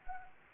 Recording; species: mosquito wingbeat signal from an infrared sensor; Anopheles arabiensis